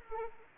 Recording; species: mosquito wingbeat signal from an infrared sensor; Anopheles arabiensis